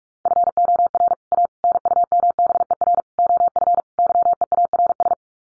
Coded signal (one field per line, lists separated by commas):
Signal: Morse code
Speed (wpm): 44 wpm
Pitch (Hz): 700 Hz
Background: none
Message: FOR A NUMBER OF YEARS